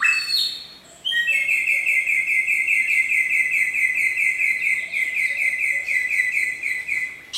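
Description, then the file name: Samyong song: a few high sharp notes, then a long fast buzzy trill held steady for about six seconds. In the forest. "suara burung samyong di hutan"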